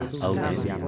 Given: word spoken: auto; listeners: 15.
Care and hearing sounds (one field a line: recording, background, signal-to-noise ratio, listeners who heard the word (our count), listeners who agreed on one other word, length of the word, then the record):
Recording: one Spanish word in noise, from a listening test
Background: eight-talker babble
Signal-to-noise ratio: -3.0 dB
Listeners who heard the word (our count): 0 of 15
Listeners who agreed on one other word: 7 of 15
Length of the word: 0.49 s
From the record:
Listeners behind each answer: 7, 2, 1, 1, 1, 1, 1, 1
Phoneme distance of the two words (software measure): 38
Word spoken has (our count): 2 syllables, 4 phonemes, stress on syllable 1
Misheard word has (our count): 3 syllables, 8 phonemes, stress on syllable 3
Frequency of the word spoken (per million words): 39.60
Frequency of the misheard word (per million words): 4.29